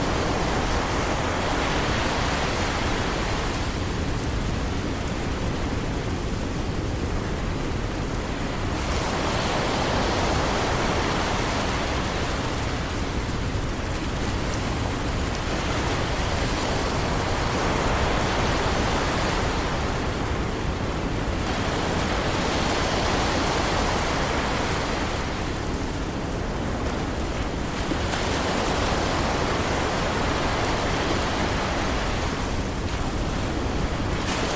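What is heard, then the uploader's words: Ocean waves and rain merge into a dense, unbroken hiss that fills the whole range from low rumble to bright spray. The surf swells and eases in slow cycles, brighter around 0–3, 10–18, 22–25 and 29–33 seconds, while the overall loudness stays almost level. Ocean Waves And Gentle Rain White Noise.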